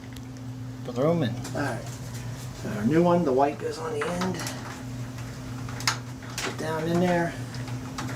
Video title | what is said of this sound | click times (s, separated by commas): Dryer Leaving Black Marks On Clothes | it in, hear it snap in place. | 8.0 s